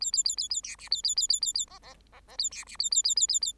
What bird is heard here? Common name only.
Bengalese Finch